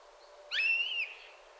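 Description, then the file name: Eurasian jay giving one short, tonal mewing call with a rising start and a level, slightly wavering middle before it fades. "Garrulus glandarius"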